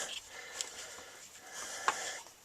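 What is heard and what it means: Two rubber boots for the parking brake cables are handled and wiggled toward their holes in the vehicle's floor or body, producing soft rustling and scraping with a brief sharp tap near 1.9 s. Nothing has seated or snapped into place yet.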